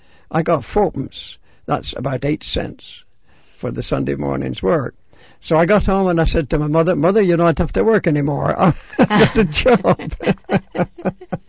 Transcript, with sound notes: I got fourpence, that's about eight cents, for the Sunday morning's work. So I got home and I said to my mother, "Mother, you don't have to work any more." ( they laugh ) "I've got a job."